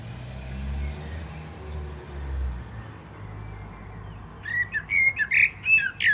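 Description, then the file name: Common blackbird song begins after a low rumbling noise fades, a lively mix of fluted notes and high, squeaky twitters. "Turdus merula"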